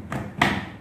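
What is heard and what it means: A folding table's second support bracket is pushed into its locking groove on a dining table. A softer tap at 0.1 s precedes a loud, sharp click at 0.4 s as the support locks in place. Someone talks.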